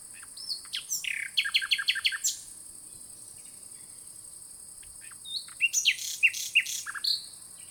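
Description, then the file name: Common nightingale song: a phrase of rapid repeated notes, a pause of about three seconds, then another phrase of varied chirps and whistles. "Luscinia megarhynchos"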